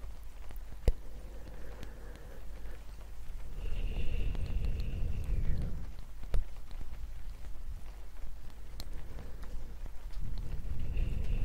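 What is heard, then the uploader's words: Gentle wood tapping comes as a few sharp, isolated clicks, near the one-second mark, around six seconds and again near nine. Between them, soft breathy blowing swells in low, rushing bursts around four to six seconds and again at the end, with a faint steady hiss throughout. Gentle wood tapping, ear blowing.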